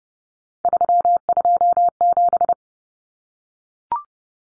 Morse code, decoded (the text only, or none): 327